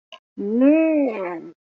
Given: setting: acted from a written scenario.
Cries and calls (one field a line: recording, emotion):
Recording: vocal sound without words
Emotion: disgust